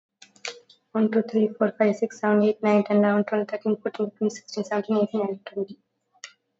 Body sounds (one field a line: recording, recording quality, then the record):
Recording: counting at a fast pace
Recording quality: excellent, no background noise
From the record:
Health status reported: COVID-19 positive, mild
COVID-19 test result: positive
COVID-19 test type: RT-PCR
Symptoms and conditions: fever, fatigue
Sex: female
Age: 22 years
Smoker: no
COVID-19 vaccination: both doses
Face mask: not worn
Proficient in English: yes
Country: India